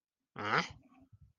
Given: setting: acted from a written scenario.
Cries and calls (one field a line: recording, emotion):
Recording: vocal sound without words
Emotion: confusion